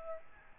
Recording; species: mosquito wingbeat signal from an infrared sensor; Aedes albopictus